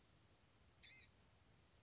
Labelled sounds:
Blue-gray Gnatcatcher (Polioptila caerulea)

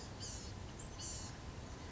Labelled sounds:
Blue-gray Gnatcatcher (Polioptila caerulea)

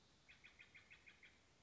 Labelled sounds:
Steller's Jay (Cyanocitta stelleri)

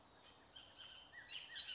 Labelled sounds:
Bullock's Oriole (Icterus bullockii)

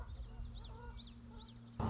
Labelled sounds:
Common Yellowthroat (Geothlypis trichas)

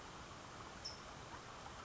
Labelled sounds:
California Towhee (Melozone crissalis)

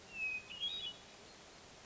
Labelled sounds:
Hermit Thrush (Catharus guttatus)

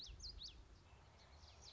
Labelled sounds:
Common Yellowthroat (Geothlypis trichas)

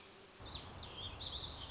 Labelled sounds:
Warbling Vireo (Vireo gilvus)

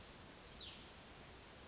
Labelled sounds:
Cassin's Vireo (Vireo cassinii)

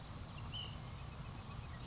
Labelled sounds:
Ash-throated Flycatcher (Myiarchus cinerascens)

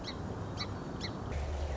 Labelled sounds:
Song Sparrow (Melospiza melodia)

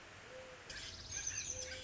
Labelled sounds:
Mourning Dove (Zenaida macroura)

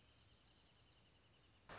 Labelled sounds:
Wrentit (Chamaea fasciata)

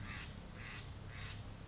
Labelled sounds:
Steller's Jay (Cyanocitta stelleri)

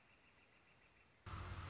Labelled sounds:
Northern Flicker (Colaptes auratus)

